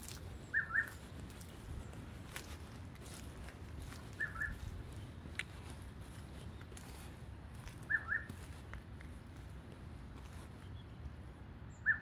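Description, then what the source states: Grey-sided scimitar babbler repeating a quick two-note hoot about every four seconds, with faint ticks and low background noise. Recorded 2022-02-08.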